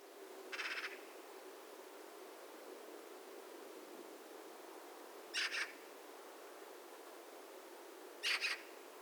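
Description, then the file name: Eurasian magpie giving three short, harsh, rasping bursts spaced a few seconds apart, each split into quick pulses, over a low steady background hum. "Pica pica"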